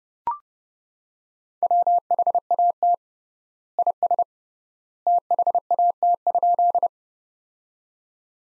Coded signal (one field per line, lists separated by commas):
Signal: Morse code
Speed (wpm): 29 wpm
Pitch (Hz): 700 Hz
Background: none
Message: WHAT IS THAT?